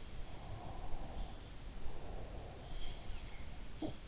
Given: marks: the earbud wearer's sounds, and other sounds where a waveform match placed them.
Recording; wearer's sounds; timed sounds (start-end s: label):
sounds in sleep by an in-ear microphone; breath
0.00-1.04 s: sound from someone else or the room
0.67-3.10 s: breath
2.57-4.08 s: sound from someone else or the room